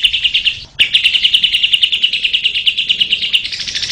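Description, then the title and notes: Lovebird giving a fast, even, rattling trill of high notes, broken by a brief pause and click, rising slightly in pitch at the end. Masteran (tutor audio) for training other birds to sing. "Suara Burung Lovbred Buat Masteran"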